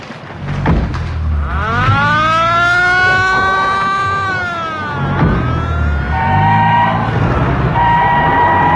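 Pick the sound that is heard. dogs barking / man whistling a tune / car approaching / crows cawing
car approaching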